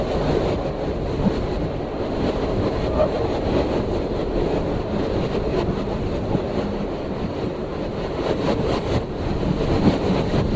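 A subway train rolls between stations, its low rumble dense and steady throughout, with a constant roar filling the car. Faint rattles and brief clanks of the wheels surface now and then, around three seconds and again near nine, without any clear voices or announcements.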